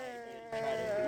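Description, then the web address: Goat bleating, a nasal cry that jumps into a louder, higher, wavering bleat. Recorded on 7 July 2017. "2017 07 07-04-17 Goats"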